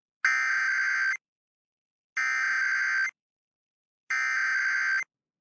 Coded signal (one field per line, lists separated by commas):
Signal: Emergency Alert System (SAME) tones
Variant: header bursts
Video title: The SLO and Air1 Tests (EAS #13816-13829) 11/2/23